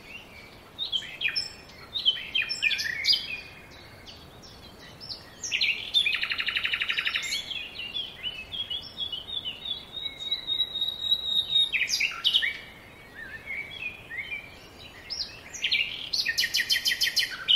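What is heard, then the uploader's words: Birds sing in a tropical forest, several voices overlapping in bright chirps, whistles and rapid trills that come in bursts with short pauses. A buzzy trill stands out around six seconds and another near the end, over a soft, steady forest hush. Birds Singing In A Tropical Forest. Forest Bird Songs. These happy birds singing and chirping.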